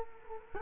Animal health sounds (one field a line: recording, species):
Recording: mosquito wingbeat signal from an infrared sensor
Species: Culex quinquefasciatus